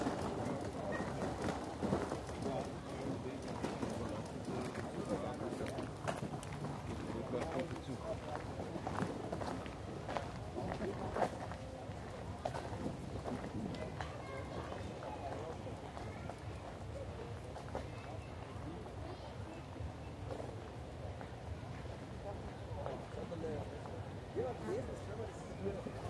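People pass by in Munich's Englischer Garten, with overlapping fragments of conversation forming a dense, steady murmur throughout. Brief sharp knocks and clicks break through every few seconds, and a low rumble sits underneath the voices the whole time.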